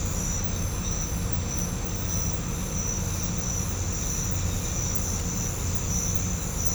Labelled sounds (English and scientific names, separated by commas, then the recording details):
none
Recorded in pastures near Puerto Asís, Putumayo, Colombia, on 18 December 2024 at 04:00
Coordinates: 0.505, -76.324
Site G063